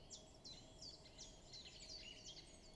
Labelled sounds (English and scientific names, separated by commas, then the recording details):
Great Spotted Woodpecker (Dendrocopos major)
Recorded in Germany
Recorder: ecoPi